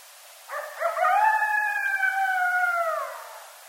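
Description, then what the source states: Coyote howl, a single drawn-out note that starts with a rough rising onset, holds level for about two seconds, then tapers and falls away. Dated 30 March 2012; coyotes, plural.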